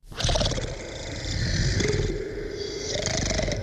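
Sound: lion roaring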